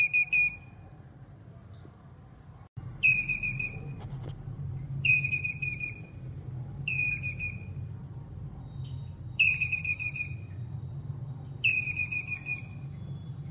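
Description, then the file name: Squirrel giving six bursts of fast, high, whistle-like notes, mostly about two seconds apart, with low hum throughout. Male squirrel calling. "Tieng soc duc keu"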